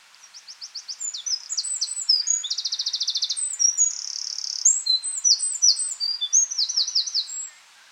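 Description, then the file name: Eurasian wren song: a long, loud, very high torrent of sharp notes and rapid rattling trills, delivered without a break for about seven seconds. "Troglodytes troglodytes"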